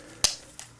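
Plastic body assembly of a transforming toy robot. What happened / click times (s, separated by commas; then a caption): The plastic part snapped into place / 0.2 s. A plastic body assembly on a Transformers Revenge of the Fallen "Shoulder Cannon" Bumblebee toy robot is forced down so a part folds back, giving a loud, sharp plastic snap at 0.2 s. Fainter small clicks follow around 0.6 s and 0.8–0.9 s. The assembly seats into place.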